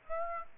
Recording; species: mosquito wingbeat signal from an infrared sensor; Aedes aegypti